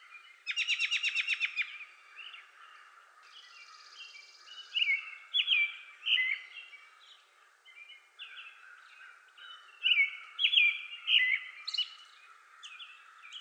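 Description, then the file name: American robin caroling in short whistled phrases through most, after an opening loud rapid trill and a brief buzzy hum. Recorded 31 May 2020; mono recording. "2020-05-31 American Robin"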